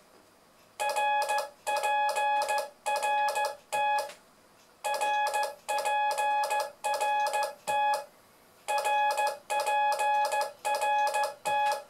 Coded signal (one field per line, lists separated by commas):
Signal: Morse code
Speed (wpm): 16 wpm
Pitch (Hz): 840 Hz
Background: none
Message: RPRT RPRT RPRT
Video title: complément de : '' le morse c est facile''